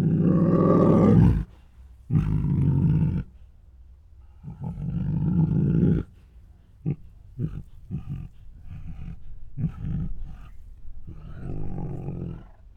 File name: Two Tigers Make Many Hungry Huffs, Moans and Roars [Sound Ideas]